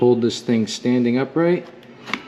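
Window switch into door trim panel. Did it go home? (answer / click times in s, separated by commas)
no / none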